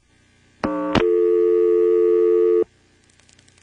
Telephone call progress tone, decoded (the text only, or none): dial tone